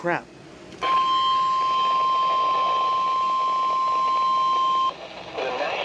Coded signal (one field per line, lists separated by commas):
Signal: Emergency Alert System (SAME) tones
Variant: 1050 Hz attention tone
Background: speech